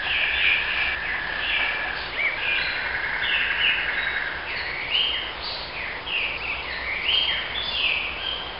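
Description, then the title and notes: Bird calls: repeated short chirps and brief whistled notes over steady background noise throughout. "BIRDS. Hi World 502"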